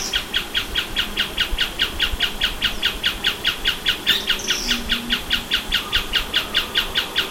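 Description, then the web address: Bird gives a fast regular train of clipped falling chirps, around two per second, with a couple of higher squeaky notes mixed in. "BIRD 2015 SABIOD"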